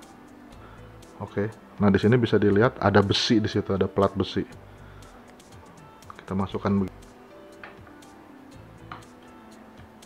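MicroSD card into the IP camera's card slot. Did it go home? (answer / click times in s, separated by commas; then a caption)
yes / 7.6 s, 8.9 s. A microSD memory card is pushed into the card slot of a small plastic V380 CCTV IP camera until it latches and locks in place. Someone talks at first, then small clicks are heard at about 7.6 s and 8.9 s as the card seats.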